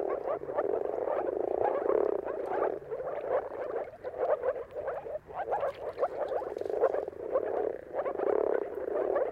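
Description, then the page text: Moor frog chorus of many callers, bubbling low notes overlapping steadily, with the mass of sound swelling and easing in waves. Chorus of moor frogs giving mating calls at sunrise at the turn of March and April, timing depending on the weather. "Jakub-Orzecki moor frogs. Dawn’s Chorus: Mating Calls of Marsh Frogs at Sunrise. Depending on the weather at the turn of March and April, you can witness an amazing spectacle of moor frogs"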